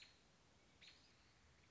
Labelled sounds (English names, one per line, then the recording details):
American Robin
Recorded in Sonoma County, California